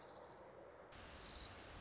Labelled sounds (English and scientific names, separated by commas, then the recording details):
Orange-crowned Warbler (Leiothlypis celata)
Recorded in Sonoma County, California